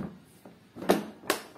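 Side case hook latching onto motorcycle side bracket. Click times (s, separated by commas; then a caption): 0.9 s, 1.3 s. A GIVI V35 plastic side case is pulled onto its metal mounting bracket on a Kawasaki ER6n until its inner hook latches, with a faint knock at 0.5 s. Two sharp clicks follow at 0.9 s and 1.3 s, and the click confirms the hook has locked perfectly and the case is seated.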